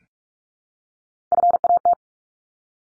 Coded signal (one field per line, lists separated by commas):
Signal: Morse code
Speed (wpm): 44 wpm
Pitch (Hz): 700 Hz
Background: none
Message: FAT